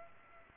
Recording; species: mosquito wingbeat signal from an infrared sensor; Aedes aegypti